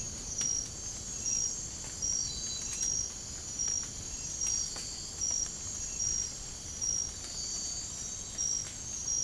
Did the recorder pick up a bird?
no